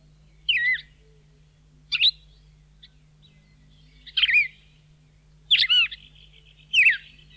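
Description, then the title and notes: Red-crested cardinal calling: five sharp, slurred chirps sweeping down in pitch, given singly about every one to two seconds against a faint low hum. Bahía Blanca area, Argentina; population probably descended from escaped cage birds, its survival there owed to human tree planting and parks. "Museo de Ciencias de Bahía Blanca. Cardenal (Paroaria coronata) Los cardenales comunes que se hallan en la zona de Bahía Blanca se han originado probablemente de ejemplares escapados de jaula"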